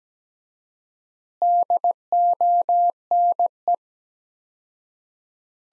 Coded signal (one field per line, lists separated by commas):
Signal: Morse code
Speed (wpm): 17 wpm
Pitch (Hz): 700 Hz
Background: none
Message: DONE